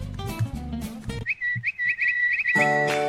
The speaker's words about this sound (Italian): Per l'ultima volta ascoltiamo anche questo bellissimo stacchetto e questo bellissimo sottofondo. Eh sì, cinguettante.